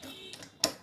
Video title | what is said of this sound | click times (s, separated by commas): Motor மற்றும் பம்புகளில் bearing மாட்டும் முறை - bearing fitting method - motor bearing change | உங்களுக்கு தெரியுது ஃபுல்லாமே வந்து லாக் ஆயிடுச்சுங்க. | 0.6 s